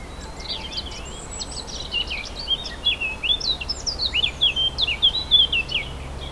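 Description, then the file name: Warbler singing a long, tumbling run of scratchy and whistled notes, delivered quickly and unevenly, louder in the second half. Warblers recorded 4 May 2011 with an MZ-N710 recorder. "mz-n 710 fauvettes 4 05 11"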